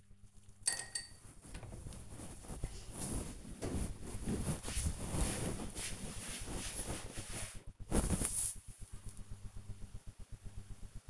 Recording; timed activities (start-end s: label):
household activities, microphone on the right wrist
none